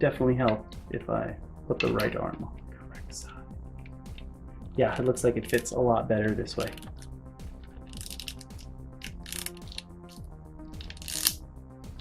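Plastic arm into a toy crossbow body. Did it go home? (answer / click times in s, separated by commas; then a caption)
no / none. A plastic right arm is being fitted onto a plastic toy crossbow body and turned so it fits better, with small plastic clicks and rattles of handling while someone talks over background music. The clip ends before the arm snaps into place, and nothing has seated yet.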